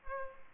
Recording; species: mosquito wingbeat signal from an infrared sensor; Culex pipiens